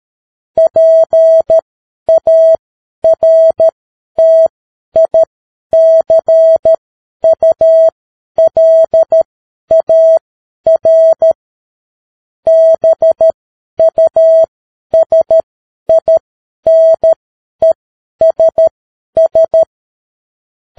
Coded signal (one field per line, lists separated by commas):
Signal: Morse code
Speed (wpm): 13 wpm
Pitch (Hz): 650 Hz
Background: none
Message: PARTICULAR BUSINESS